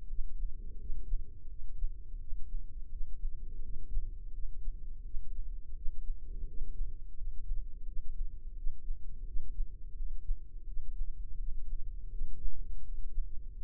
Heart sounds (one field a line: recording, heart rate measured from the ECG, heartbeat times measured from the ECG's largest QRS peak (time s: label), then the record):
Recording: heart sounds by microphone in the left ear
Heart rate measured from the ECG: 85 bpm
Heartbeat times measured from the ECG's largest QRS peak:
0.07 s: heartbeat
0.78 s: heartbeat
1.48 s: heartbeat
2.18 s: heartbeat
2.89 s: heartbeat
3.61 s: heartbeat
4.32 s: heartbeat
5.03 s: heartbeat
5.74 s: heartbeat
6.45 s: heartbeat
7.15 s: heartbeat
7.85 s: heartbeat
8.55 s: heartbeat
9.24 s: heartbeat
9.94 s: heartbeat
10.65 s: heartbeat
11.36 s: heartbeat
12.09 s: heartbeat
12.82 s: heartbeat
13.54 s: heartbeat
From the record:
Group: healthy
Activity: cold pressor test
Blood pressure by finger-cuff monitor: 123/85 mmHg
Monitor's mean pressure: 98 mmHg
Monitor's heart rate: 85 bpm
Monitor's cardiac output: 5.6 L/min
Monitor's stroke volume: 66 mL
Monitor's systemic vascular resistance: 1290 dyn s/cm5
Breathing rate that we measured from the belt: 21 breaths a minute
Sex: female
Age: 43 years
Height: 160 cm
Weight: 90 kg